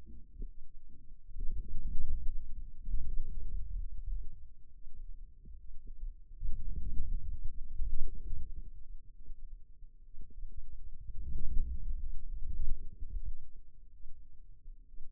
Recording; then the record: forearm muscle sounds (acoustic myography)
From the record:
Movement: outward rotation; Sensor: system 2, bracelet of six BSWA MPA416 microphones around the upper forearm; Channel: 5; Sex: male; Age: 22 years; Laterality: right